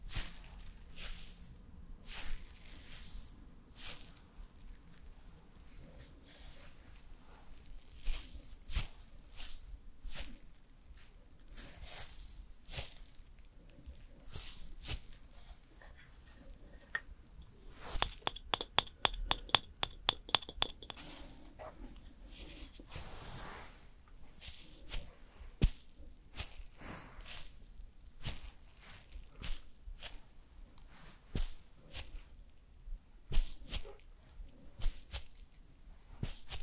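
Makeup and hair styling: soft brushing and handling sounds with frequent sharp clicks and taps scattered throughout. Around the 18 to 21 second mark a quick run of regular, bright ticking stands out. A low steady hum sits underneath, with faint murmuring at times.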